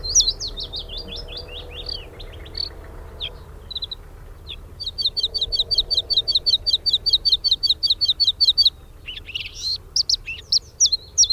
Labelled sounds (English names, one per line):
Bluethroat song